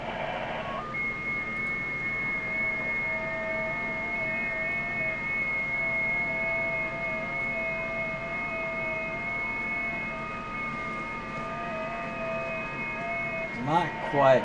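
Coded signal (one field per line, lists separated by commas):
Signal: FT8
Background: speech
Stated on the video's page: FT8 on 40 and 20 meters using WSJT-X.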